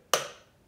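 A torque wrench set to about 20 Nm (14.75 ft-lb) tightens a bolt with thread lock, apparently under a seat. A sharp, bright click at 0.1 s rings out and slowly fades, followed by a faint tap near 0.7 s. The wrench clicks at its setting, confirming the bolt has reached the set torque.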